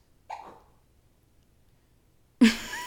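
Two abrupt, squeaky bursts about two seconds apart, the second loud and sharp: an adult's hiccups.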